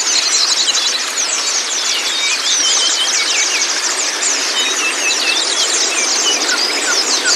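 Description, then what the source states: White-eye song: busy, high-pitched twittering with quick slurred chirps, unbroken and evenly loud for the whole stretch. Indonesian 'terapi buka paruh' therapy recording meant to make a white-eye open its beak and sing; a 'masteran' training track.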